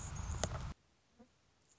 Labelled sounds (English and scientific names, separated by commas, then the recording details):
Anna's Hummingbird (Calypte anna)
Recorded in Sonoma County, California